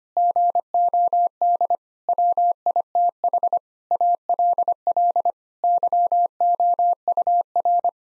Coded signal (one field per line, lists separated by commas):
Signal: Morse code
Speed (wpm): 25 wpm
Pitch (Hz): 700 Hz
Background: none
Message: GOD WITH ALL YOUR